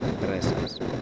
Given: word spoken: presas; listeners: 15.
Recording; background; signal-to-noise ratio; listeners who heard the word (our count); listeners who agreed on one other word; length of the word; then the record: one Spanish word in noise, from a listening test; noise modulated by three-talker babble; -4.9 dB; 2 of 15; 8 of 15; 0.61 s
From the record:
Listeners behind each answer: 8, 2, 2, 2, 1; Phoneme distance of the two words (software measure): 10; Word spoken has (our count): 2 syllables, 6 phonemes, stress on syllable 1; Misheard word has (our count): 2 syllables, 6 phonemes, stress on syllable 1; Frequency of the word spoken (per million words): 7.07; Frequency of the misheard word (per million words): 3.07